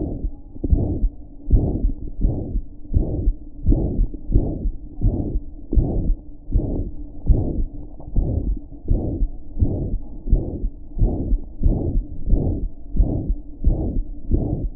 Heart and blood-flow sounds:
heart sounds
0.00	0.03	S1
0.03	0.23	systole
0.23	0.33	S2
0.33	0.71	diastole
0.71	0.87	S1
0.87	0.97	systole
0.97	1.09	S2
1.09	1.51	diastole
1.51	1.65	S1
1.65	1.83	systole
1.83	1.91	S2
1.91	2.23	diastole
2.23	2.37	S1
2.37	2.55	systole
2.55	2.63	S2
2.63	2.95	diastole
2.95	3.09	S1
3.09	3.19	systole
3.19	3.33	S2
3.33	3.67	diastole
3.67	3.81	S1
3.81	3.95	systole
3.95	4.05	S2
4.05	4.33	diastole
4.33	4.47	S1
4.47	4.65	systole
4.65	4.73	S2
4.73	5.03	diastole
5.03	5.15	S1
5.15	5.33	systole
5.33	5.43	S2
5.43	5.77	diastole
5.77	5.93	S1
5.93	6.03	systole
6.03	6.15	S2
6.15	6.53	diastole
6.53	6.65	S1
6.65	6.75	systole
6.75	6.85	S2
6.85	7.29	diastole
7.29	7.45	S1
7.45	7.57	systole
7.57	7.69	S2
7.69	8.17	diastole
8.17	8.33	S1
8.33	8.43	systole
8.43	8.55	S2
8.55	8.91	diastole
8.91	9.03	S1
9.03	9.19	systole
9.19	9.29	S2
9.29	9.61	diastole
9.61	9.73	S1
9.73	9.89	systole
9.89	9.99	S2
9.99	10.29	diastole
10.29	10.43	S1
10.43	10.61	systole
10.61	10.69	S2
10.69	10.99	diastole
10.99	11.13	S1
11.13	11.31	systole
11.31	11.39	S2
11.39	11.63	diastole
11.63	11.77	S1
11.77	11.93	systole
11.93	12.03	S2
12.03	12.31	diastole
12.31	12.43	S1
12.43	12.57	systole
12.57	12.67	S2
12.67	12.97	diastole
12.97	13.09	S1
13.09	13.25	systole
13.25	13.35	S2
13.35	13.65	diastole
13.65	13.79	S1
13.79	13.93	systole
13.93	14.03	S2
14.03	14.31	diastole
14.31	14.43	S1
14.43	14.59	systole
14.59	14.69	S2
14.69	14.75	diastole
From the record:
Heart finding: mitral regurgitation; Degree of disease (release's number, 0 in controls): 3 to 4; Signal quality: good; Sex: female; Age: 78 years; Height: 1.6 m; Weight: 85 kg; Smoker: no

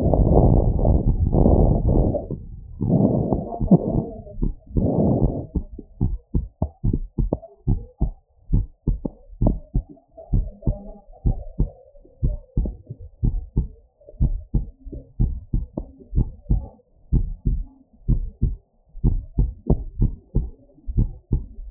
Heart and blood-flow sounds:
heart sounds
0.00	7.73	noise
7.73	7.81	S1
7.81	8.01	systole
8.01	8.11	S2
8.11	8.53	diastole
8.53	8.65	S1
8.65	8.87	systole
8.87	8.97	S2
8.97	9.43	diastole
9.43	9.57	S1
9.57	9.75	systole
9.75	9.83	S2
9.83	10.33	diastole
10.33	10.45	S1
10.45	10.67	systole
10.67	10.77	S2
10.77	11.27	diastole
11.27	11.37	S1
11.37	11.59	systole
11.59	11.69	S2
11.69	12.23	diastole
12.23	12.35	S1
12.35	12.57	systole
12.57	12.71	S2
12.71	13.23	diastole
13.23	13.35	S1
13.35	13.57	systole
13.57	13.67	S2
13.67	14.21	diastole
14.21	14.35	S1
14.35	14.55	systole
14.55	14.65	S2
14.65	15.21	diastole
15.21	15.33	S1
15.33	15.55	systole
15.55	15.63	S2
15.63	16.15	diastole
16.15	16.27	S1
16.27	16.49	systole
16.49	16.61	S2
16.61	17.13	diastole
17.13	17.27	S1
17.27	17.47	systole
17.47	17.61	S2
17.61	18.09	diastole
18.09	18.23	S1
18.23	18.43	systole
18.43	18.55	S2
18.55	19.05	diastole
19.05	19.19	S1
19.19	19.39	systole
19.39	19.51	S2
19.51	20.01	diastole
20.01	20.13	S1
20.13	20.35	systole
20.35	20.47	S2
20.47	20.97	diastole
20.97	21.09	S1
21.09	21.33	systole
21.33	21.43	S2
21.43	21.71	diastole
From the record:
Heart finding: normal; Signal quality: good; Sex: female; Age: 70 years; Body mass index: 32

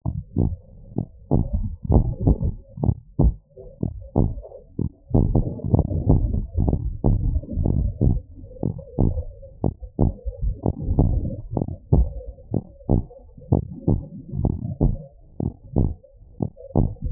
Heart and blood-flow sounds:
heart sounds
0.00	0.02	diastole
0.02	0.14	S1
0.14	0.38	systole
0.38	0.52	S2
0.52	0.98	diastole
0.98	1.08	S1
1.08	1.32	systole
1.32	1.44	S2
1.44	1.90	diastole
1.90	2.04	S1
2.04	2.26	systole
2.26	2.38	S2
2.38	2.82	diastole
2.82	2.94	S1
2.94	3.20	systole
3.20	3.34	S2
3.34	3.84	diastole
3.84	3.94	S1
3.94	4.18	systole
4.18	4.32	S2
4.32	4.80	diastole
4.80	4.90	S1
4.90	5.16	systole
5.16	5.28	S2
5.28	5.72	diastole
5.72	5.86	S1
5.86	6.08	systole
6.08	6.24	S2
6.24	6.62	diastole
6.62	6.78	S1
6.78	7.06	systole
7.06	7.18	S2
7.18	7.58	diastole
7.58	7.76	S1
7.76	8.02	systole
8.02	8.14	S2
8.14	8.64	diastole
8.64	8.74	S1
8.74	9.00	systole
9.00	9.14	S2
9.14	9.64	diastole
9.64	9.74	S1
9.74	10.00	systole
10.00	10.12	S2
10.12	10.66	diastole
10.66	10.76	S1
10.76	11.00	systole
11.00	11.12	S2
11.12	11.56	diastole
11.56	11.66	S1
11.66	11.92	systole
11.92	12.08	S2
12.08	12.54	diastole
12.54	12.64	S1
12.64	12.90	systole
12.90	13.02	S2
13.02	13.52	diastole
13.52	13.64	S1
13.64	13.88	systole
13.88	14.00	S2
14.00	14.42	diastole
14.42	14.54	S1
14.54	14.82	systole
14.82	14.96	S2
14.96	15.46	diastole
15.46	15.54	S1
15.54	15.78	systole
15.78	15.92	S2
15.92	16.42	diastole
16.42	16.52	S1
16.52	16.76	systole
16.76	16.88	S2
16.88	17.12	diastole
From the record:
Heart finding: normal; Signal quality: good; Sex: male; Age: 46 years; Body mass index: 30

